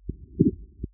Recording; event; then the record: neck accelerometer signal played as sound; voluntary cough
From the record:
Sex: male